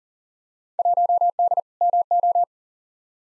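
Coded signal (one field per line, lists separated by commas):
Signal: Morse code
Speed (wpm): 40 wpm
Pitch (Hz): 700 Hz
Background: none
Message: 1D MO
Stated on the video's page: Computer-generated Morse at 40wpm sending Field Day contest exchanges for head-copy practice, each sent, spoken, then sent again.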